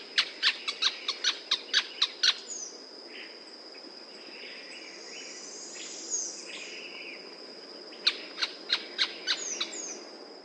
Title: LuckyPassaro Completos2Sama. Canebrake Groundcreeper (Clibanornis dendrocolaptoides)